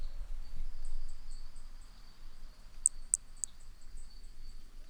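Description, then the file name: Hermogenes's pumpkin toadlet giving three short, very high, sharp chirping notes about a third of a second apart, over a steady high hiss and low background rumble. Individual 3 recorded at Picinguaba, Brazil, on 13 December 2017; one note of the call missing. "B hermogenesi Picinguaba ind 3 ex 4 perdeu uma nota 13 dez 2017 MRB"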